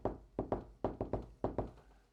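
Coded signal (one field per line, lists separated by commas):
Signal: tap code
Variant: 5x5 grid, K omitted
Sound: eight hollow knocks grouped one, two, three, two, in a room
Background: room echo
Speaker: five groups of five letters 25 so the letter c is the first group c the letter F second group F and here's my name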